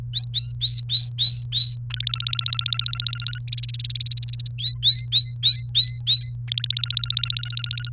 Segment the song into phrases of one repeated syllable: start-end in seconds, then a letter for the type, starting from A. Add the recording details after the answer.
0.13-1.76 A, 1.90-3.38 B, 3.48-4.48 C, 4.58-6.34 A, 6.48-7.89 B. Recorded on 29 April 2018 at 16:03. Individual llb3